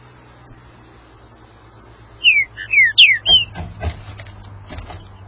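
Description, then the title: Green-winged saltator song: a short phrase of four loud, slurred whistles, mostly sliding downward, followed by scattered clicks and knocks against a low steady hum. "Trinca Ferro"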